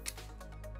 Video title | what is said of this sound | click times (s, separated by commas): Porcoolpine RAM and Storage Upgrades: Step By Step Directions | just like that until the gold pins have disappeared then all you have to do now is just push it down until it clicks | 0.1 s